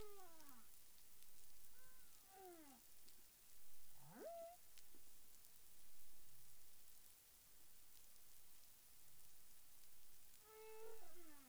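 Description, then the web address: Humpback whale calls in sequence: descending harmonic moans, a rising upsweep that levels into a short tone, and another falling moan near the end, with constant background hiss. Recorded in the Caribbean on 30 January 2021 at 13:06 UTC. "CARIMAM. humpback whale 20210130 130658 UTC"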